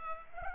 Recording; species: mosquito wingbeat signal from an infrared sensor; Culex pipiens